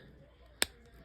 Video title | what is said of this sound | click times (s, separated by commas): Sonic Jakks Pacific - Sonic Prime Wave 2 Action Figures Review! | there you heard the snap though come out | 0.6 s